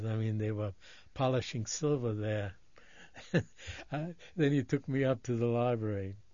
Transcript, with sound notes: I mean, they were polishing silver there. (He laughs) Then he took me up to the library.